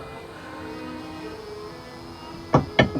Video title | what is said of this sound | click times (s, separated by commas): EMOTIONAL LAST DAY AT WORK AS A SUPERVISOR NURSE IN A SNF - DASH CAM INSTALLATION | naka-lock na siya | 2.5 s, 2.8 s